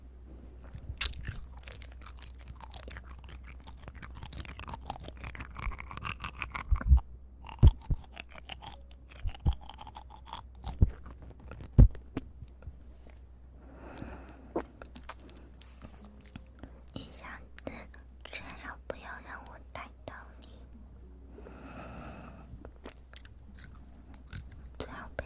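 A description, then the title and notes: Eating sounds: wet chewing, smacking and crunching, with sharp clicks and snaps standing out around 7, 8, 10 and 12 seconds. Softer mouth noises and brief voiced murmurs come and go throughout, over a constant low hum. Relaxing Ear Eating.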